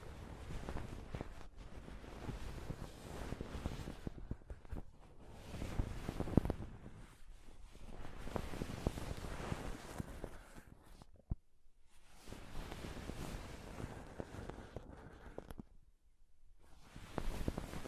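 Close-up mic scratching and touching, a dense rough rustle that comes in long bursts with short silent gaps around 7, 11 and 16 seconds. The scraping is mostly low and thick, with a few sharp taps and knocks, the loudest near 6 and 11 seconds.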